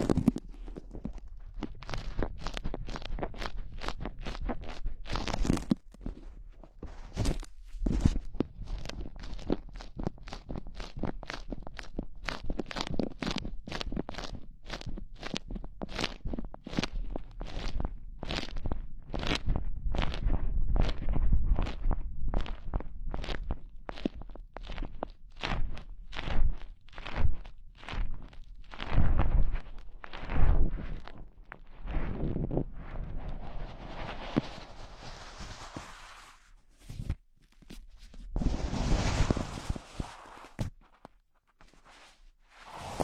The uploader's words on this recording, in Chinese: 手套 使用6种不同手套为你耳膜按摩。